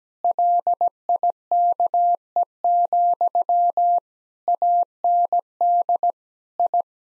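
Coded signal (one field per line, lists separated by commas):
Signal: Morse code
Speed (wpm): 17 wpm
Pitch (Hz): 700 Hz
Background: none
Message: LIKE, AND I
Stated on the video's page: Morse head-copy practice drill at 17 wpm of sentences from the top 1000 words, each sent, then spoken, then sent again.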